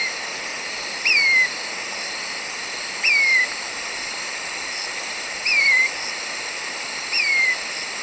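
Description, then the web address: Marañon spinetail uttering four crisp down-slurred notes spaced about two seconds apart over a continuous high insect drone. Recorded in Ecuador. "Natures Songs S America Birds of Ecuador Marañon Spinetail"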